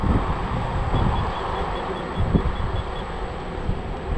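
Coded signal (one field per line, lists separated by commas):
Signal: none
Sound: scooter warning beeps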